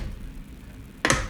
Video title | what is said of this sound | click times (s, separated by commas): Smallest Pro Max Switch! In-Depth Unboxing + Rack Mount + Etherlighting Cables | Until it clicks, 2 clicks. You can take that out. | 1.1 s